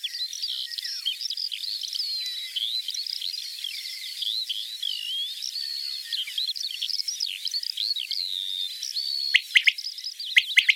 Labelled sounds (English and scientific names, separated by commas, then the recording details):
Common Quail (Coturnix coturnix) song
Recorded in the wild
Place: Merdingen am Kaiserstuhl, Baden-Württemberg, DE
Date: 1980-05-18
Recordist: Schwarz, Dieter
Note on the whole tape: Song